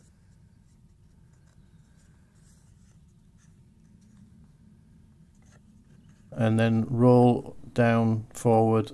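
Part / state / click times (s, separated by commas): plastic wiper arm shroud onto rear wiper arm / not seated / none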